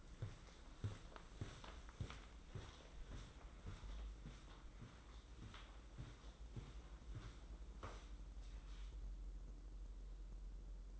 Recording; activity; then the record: daily activity, microphone in the room; walk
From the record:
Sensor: 3